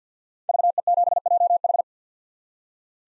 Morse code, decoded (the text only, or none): VE7JH